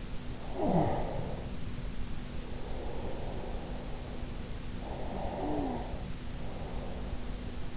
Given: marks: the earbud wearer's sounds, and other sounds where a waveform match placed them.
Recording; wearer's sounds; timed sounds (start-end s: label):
sounds in sleep by an in-ear microphone; breath
0.29-4.60 s: breath
4.79-7.77 s: breath